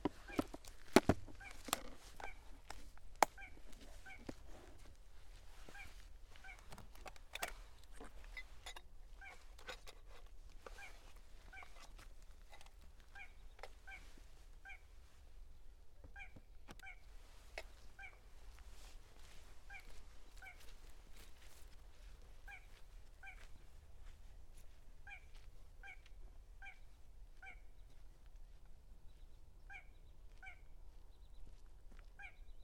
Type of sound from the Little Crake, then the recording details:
song. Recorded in the wild. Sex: male. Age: adult. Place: Gartz (Oder), Nationalpark Unteres Odertal, Brandenburg, DE. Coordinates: 53.1148, 14.3622. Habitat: wetland. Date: 2016-04-22 22:55. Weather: 5°C, 80% humidity, almost windless. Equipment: Edirol R44, Microtech Gefell MK 250/MV220. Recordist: Freitag, Annika and Frommolt, Karl-Heinz. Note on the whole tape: Polder 10: calibrated recording of a little crake. Distance 38.6 m estimated using a line array (recording